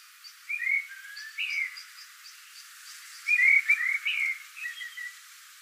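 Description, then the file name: Eurasian blackbird with soft, fluty whistled notes and a quick warbling phrase, alongside faint, thin, high ticks. "Turdus merula"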